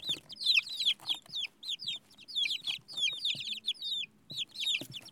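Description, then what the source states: Chicks cheeping, many high-pitched descending peeps tumbling over one another in quick bursts, with brief pauses and faint low rustling underneath. Baby chicks.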